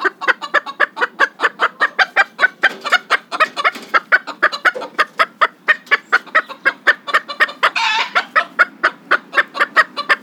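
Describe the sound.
Chickens giving steady, rapid clucks in quick succession, broken by a brief harsher squawk near the end.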